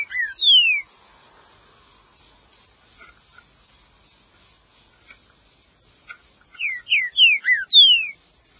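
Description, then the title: Green-winged saltator song: the close of a phrase with loud falling whistles, a quiet pause with faint notes, then a rapid series of five clear descending whistles. "Trinca Ferro"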